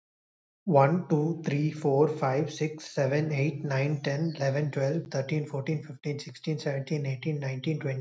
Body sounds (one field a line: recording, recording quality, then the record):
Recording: counting at a fast pace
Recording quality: excellent, no background noise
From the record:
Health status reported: healthy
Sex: male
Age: 25 years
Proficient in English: yes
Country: India